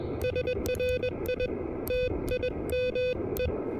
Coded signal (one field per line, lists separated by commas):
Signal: Morse code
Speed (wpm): 21 wpm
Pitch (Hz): 2500 Hz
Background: music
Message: SRI TIME